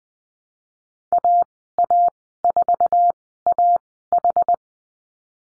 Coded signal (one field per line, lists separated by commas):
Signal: Morse code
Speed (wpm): 20 wpm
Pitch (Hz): 700 Hz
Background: none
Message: AA4AH